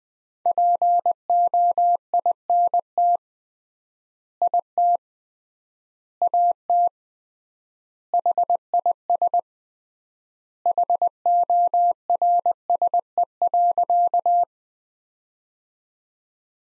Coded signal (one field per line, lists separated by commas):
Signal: Morse code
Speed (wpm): 20 wpm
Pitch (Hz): 700 Hz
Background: none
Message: POINT IT AT HIS HORSE.